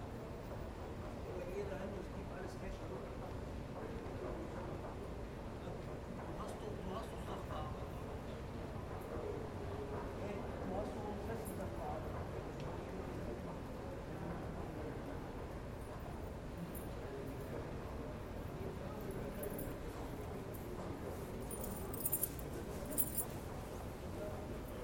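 Busy indoor station ambience with a dense, steady murmur of many voices, a low rumble underneath, and a few sharp clicks near the end.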